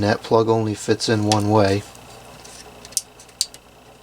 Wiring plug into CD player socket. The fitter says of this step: I should click into place and